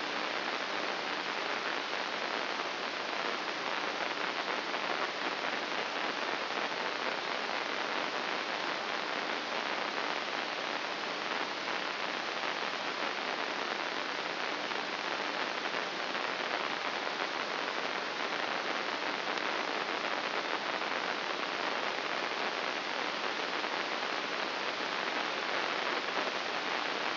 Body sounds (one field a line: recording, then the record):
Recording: brain microelectrode recording played as sound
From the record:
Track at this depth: inside the subthalamic nucleus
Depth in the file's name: 4.585 mm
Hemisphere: left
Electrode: 2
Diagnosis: Parkinson's disease